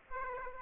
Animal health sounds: mosquito wingbeat signal from an infrared sensor; Aedes aegypti

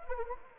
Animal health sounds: mosquito wingbeat signal from an infrared sensor; Anopheles arabiensis

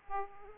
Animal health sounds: mosquito wingbeat signal from an infrared sensor; Aedes aegypti

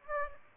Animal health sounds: mosquito wingbeat signal from an infrared sensor; Aedes aegypti

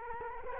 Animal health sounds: mosquito wingbeat signal from an infrared sensor; Culex quinquefasciatus

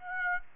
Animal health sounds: mosquito wingbeat signal from an infrared sensor; Aedes aegypti

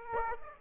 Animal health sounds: mosquito wingbeat signal from an infrared sensor; Aedes aegypti

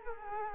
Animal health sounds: mosquito wingbeat signal from an infrared sensor; Culex quinquefasciatus

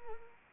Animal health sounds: mosquito wingbeat signal from an infrared sensor; Anopheles arabiensis

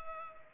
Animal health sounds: mosquito wingbeat signal from an infrared sensor; Culex pipiens

